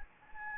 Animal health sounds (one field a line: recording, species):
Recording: mosquito wingbeat signal from an infrared sensor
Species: Anopheles gambiae